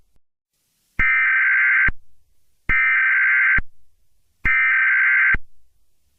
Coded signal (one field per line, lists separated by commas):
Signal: Emergency Alert System (SAME) tones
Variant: header bursts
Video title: EAS Scenario: Entity [SIERRA_CODE_0] Alert